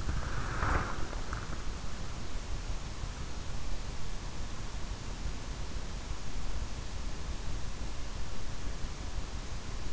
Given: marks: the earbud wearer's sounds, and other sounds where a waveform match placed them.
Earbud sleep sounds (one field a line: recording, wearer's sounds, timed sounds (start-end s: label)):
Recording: sounds in sleep by an in-ear microphone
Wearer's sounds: breath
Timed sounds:
0.00-1.75 s: breath